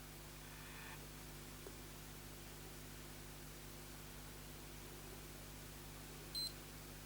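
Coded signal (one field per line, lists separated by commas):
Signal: beep code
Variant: Sony PlayStation 4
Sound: a faint electronic beep, about six seconds of hum, then a second short, higher beep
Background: electrical hum, room noise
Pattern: 2 beeps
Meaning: The second beep signals the console is starting in safe mode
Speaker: I think you've got to press and hold it again until you hear 2 beeps to put it into safe mode. 1 beep. 2 beeps.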